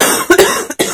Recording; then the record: coughing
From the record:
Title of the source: 30 Chesty and wet cough